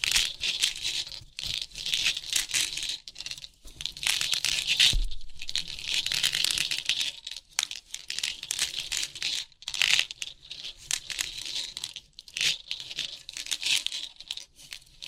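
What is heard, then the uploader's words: Crisp pin art tingles: dense, bright clicking and crinkling in bursts, broken by brief silences near five, seven and twelve seconds. ASMR Crisp 3D Pin Art Tingles(No Talking).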